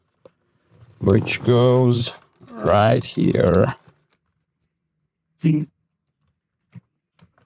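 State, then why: Seated. While reinstalling the steering wheel airbag on a 2021 Nissan Altima, someone talks and then pushes the airbag's ground terminal connector into its socket on the steering wheel. Two sharp clicks are heard at 7.2 s and 7.4 s as the connector snaps home and seats.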